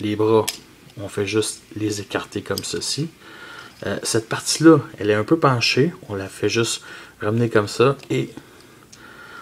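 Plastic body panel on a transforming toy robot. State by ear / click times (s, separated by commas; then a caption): not seated / none. Someone talks while pushing a slightly tilted plastic body panel on a transforming toy robot back into place. The panel does not clip in and nothing has clicked, though it still holds well.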